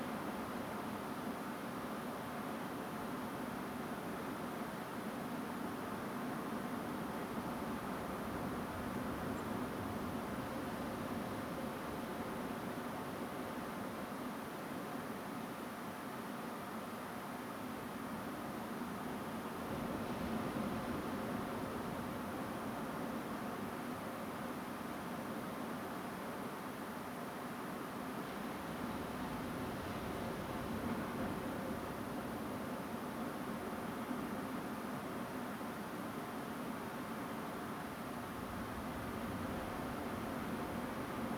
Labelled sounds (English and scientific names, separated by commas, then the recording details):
Song Thrush (Turdus philomelos)
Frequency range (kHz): Song Thrush (Turdus philomelos) 7.1-7.7 kHz
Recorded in France